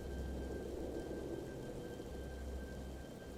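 During a midnight storm over a village, steady, heavy rain hisses without a break while a deep, low rumble of thunder rolls underneath, the storm holding an even loudness throughout with no voices.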